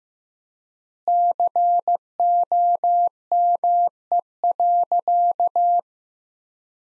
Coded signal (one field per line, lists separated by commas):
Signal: Morse code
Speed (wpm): 15 wpm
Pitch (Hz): 700 Hz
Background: none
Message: COME.